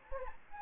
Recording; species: mosquito wingbeat signal from an infrared sensor; Anopheles gambiae